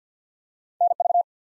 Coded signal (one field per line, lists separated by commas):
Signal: Morse code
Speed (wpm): 52 wpm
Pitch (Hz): 700 Hz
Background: none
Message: NV